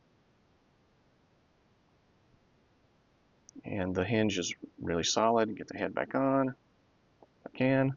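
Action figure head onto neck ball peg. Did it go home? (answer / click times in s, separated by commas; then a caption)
no / none. Someone talks while pushing the plastic head of a VALAVERSE Action Force Day of the Dead Sidewinder action figure back onto its neck ball joint peg, with a few faint handling sounds between the speech. Nothing has popped or seated yet in this clip; the head is not on the peg.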